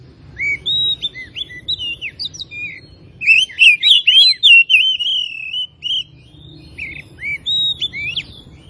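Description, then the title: Oriental magpie-robin singing a loud, varied run of whistled, slurred notes, rising and falling phrases with bursts of rapid chirps in the middle, faint low hum beneath. Singing bird described as gacor (singing vigorously and continuously); Tretes type. "Kacer Tretes"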